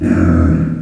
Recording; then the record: squeal of a Yucatan mini pig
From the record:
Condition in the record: after surgery on the right vocal fold (resection and tissue-engineered implant); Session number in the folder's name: 7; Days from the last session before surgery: 47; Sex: female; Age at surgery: 19 weeks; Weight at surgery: 25 kg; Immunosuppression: prednisolone